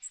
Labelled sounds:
Magnolia Warbler (Setophaga magnolia) flight call

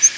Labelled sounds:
Yellow-rumped Warbler (Setophaga coronata) flight call

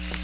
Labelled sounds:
Hooded Warbler (Setophaga citrina) flight call

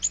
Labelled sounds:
Bay-breasted Warbler (Setophaga castanea) flight call

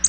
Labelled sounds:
Black-throated Blue Warbler (Setophaga caerulescens) flight call

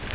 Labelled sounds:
Grace's Warbler (Setophaga graciae) flight call

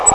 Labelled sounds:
Grace's Warbler (Setophaga graciae) flight call

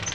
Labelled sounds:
Palm Warbler (Setophaga palmarum) flight call

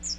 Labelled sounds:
Chestnut-sided Warbler (Setophaga pensylvanica) flight call

